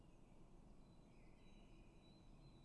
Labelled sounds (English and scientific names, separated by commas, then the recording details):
Great Tit (Parus major)
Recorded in Germany
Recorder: ecoPi